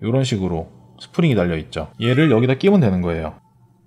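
A spring-loaded plastic dart flight with a single post, Fit-style, is being handled before it is pushed into the shaft head of a dart shaft, while someone talks. No snap is heard yet, and the flight has not seated or clicked into the shaft.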